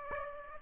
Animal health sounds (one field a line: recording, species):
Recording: mosquito wingbeat signal from an infrared sensor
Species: Aedes aegypti